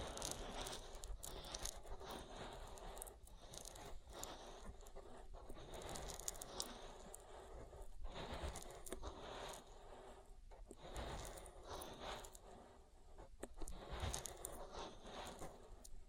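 Oil ear massage: continuous wet rubbing and scraping with dense, crackling squelches and slick smears. Bright vertical bursts mark quicker strokes roughly every second or two, over a steady low rumble, with the level staying fairly even throughout.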